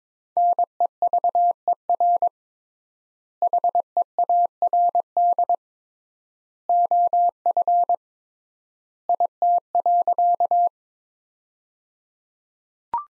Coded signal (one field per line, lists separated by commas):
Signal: Morse code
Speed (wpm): 22 wpm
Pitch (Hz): 700 Hz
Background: none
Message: NEVER HEARD OF IT.